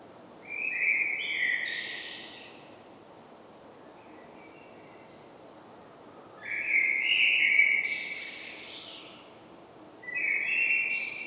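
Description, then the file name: Common blackbird singing three separate mellow fluted phrases, the first two tipped with a burst of high scratchy twittering, with quiet pauses between them. "Turdus merula"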